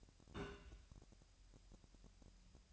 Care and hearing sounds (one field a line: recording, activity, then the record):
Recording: daily activity, microphone in the room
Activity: place on stove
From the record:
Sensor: 2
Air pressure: 1001.9 hPa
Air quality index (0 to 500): 249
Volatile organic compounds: 37 ppm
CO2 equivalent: 3092 ppm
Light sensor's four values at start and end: 5/11/5/5 and 5/11/5/5